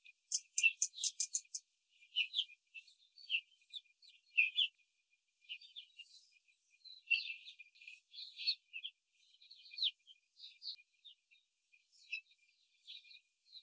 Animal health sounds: young laying hens in a cage, short pieces joined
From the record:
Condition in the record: control cage, before the stress test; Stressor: none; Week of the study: 4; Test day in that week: 1

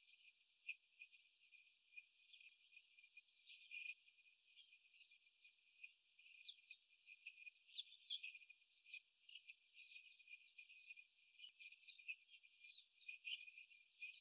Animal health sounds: young laying hens in a cage, short pieces joined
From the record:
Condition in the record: after the stressor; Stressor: simulated dog barking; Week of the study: 4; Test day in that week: 1

